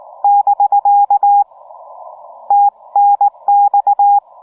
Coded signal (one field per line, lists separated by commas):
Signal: Morse code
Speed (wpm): 18 wpm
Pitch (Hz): 810 Hz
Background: none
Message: <BK> TNX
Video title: POTA at Arches National Park, from DELICATE ARCH!